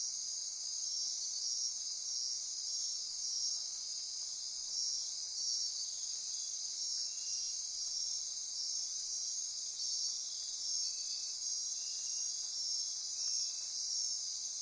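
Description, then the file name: Insects chorusing, an unbroken high shrill drone layered with pulsed trills, plus brief lower buzzing phrases appearing intermittently toward the end. Midnight insect chorus near Corcovado. "Wind-is-the-Original-Radio-Fridays 20240628 Andy-Martin Midnight-Insect-Chorus-Near-Corcovado"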